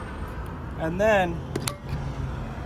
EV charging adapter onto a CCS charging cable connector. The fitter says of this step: you're going to hear this top part the little pin up here you're going to hear it click